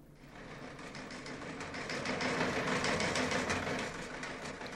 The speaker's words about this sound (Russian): Впрочем, если хотите, включите телеграф и послушайте сами.